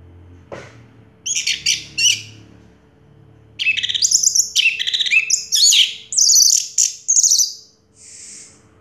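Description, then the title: Orange-headed thrush song starting after a soft click: short high chattering bursts, then a longer stream of varied trills and whistles ending in a buzzy note. Sound used to prompt an orange-headed thrush that has stopped singing to start singing again. "Anis Merah Macet.. Pancing Dengan Suara Ini.. # Anis Merah"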